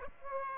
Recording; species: mosquito wingbeat signal from an infrared sensor; Aedes aegypti